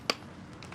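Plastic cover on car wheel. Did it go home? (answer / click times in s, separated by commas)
yes / 0.1 s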